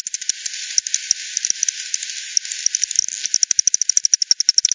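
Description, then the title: Bat echolocation calls: dry ticking pulses, irregular at first, then settling into a fast, even train of clicks near the end. Multiple bats at Hogsmill River, Hogsmill Lane, 7 October 2020 at 18:10; recorded with a frequency-division bat detector, bandpass filtered and resampled. "bat 20201007 T 18 : 10 Z-Hogsmill-Lane-Hogsmill-River-multiple-bats"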